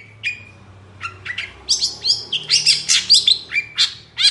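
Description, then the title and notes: Long-tailed shrike song opening with a few thin whistles, then building into rapid scratchy, chattering bursts and clipped high notes. Long-tailed shrike singing actively in the morning with a varied, full song; recording meant as a lure and tutor for other long-tailed shrikes. "Cendet Gacor Dor Di Kala Pagi Toet Toet Variasi Suara. CENDET GACOR DOR FULL ISIAN COCOK UNTUK PANCINGAN & MASTERAN CENDET APAPUN - PENTET GACOR DOR. Burung cendet"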